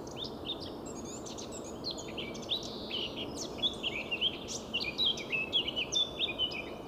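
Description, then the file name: Eurasian blackcap warbling song, starting softly and building into a run of bright, quick, clear notes over a constant background hiss. "Sylvia atricapilla"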